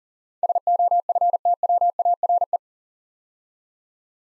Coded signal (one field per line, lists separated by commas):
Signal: Morse code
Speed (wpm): 40 wpm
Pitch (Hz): 700 Hz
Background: none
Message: SOFTWARE